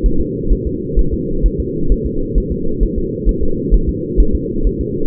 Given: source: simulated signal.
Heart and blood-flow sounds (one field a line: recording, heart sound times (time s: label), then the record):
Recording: fetal heart sounds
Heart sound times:
0.06 s: S1
0.21 s: S2
0.53 s: S1
0.67 s: S2
0.99 s: S1
1.14 s: S2
1.46 s: S1
1.60 s: S2
1.92 s: S1
2.06 s: S2
2.38 s: S1
2.52 s: S2
2.83 s: S1
2.98 s: S2
3.29 s: S1
3.43 s: S2
3.74 s: S1
3.89 s: S2
4.20 s: S1
4.35 s: S2
4.67 s: S1
4.81 s: S2
From the record:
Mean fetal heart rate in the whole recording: 130 bpm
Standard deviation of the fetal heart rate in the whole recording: 2 bpm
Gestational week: 36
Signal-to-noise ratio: -8.1 dB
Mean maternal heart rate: 72 bpm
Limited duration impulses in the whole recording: absent